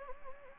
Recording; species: mosquito wingbeat signal from an infrared sensor; Anopheles gambiae